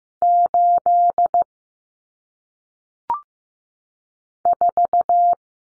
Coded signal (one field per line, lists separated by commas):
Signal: Morse code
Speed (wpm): 15 wpm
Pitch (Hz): 700 Hz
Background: none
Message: 8 4